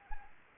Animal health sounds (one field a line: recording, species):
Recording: mosquito wingbeat signal from an infrared sensor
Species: Anopheles arabiensis